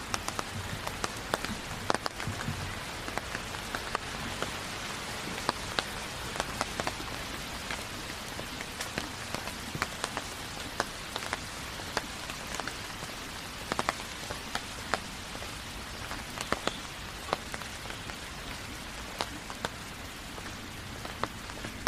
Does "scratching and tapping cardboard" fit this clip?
no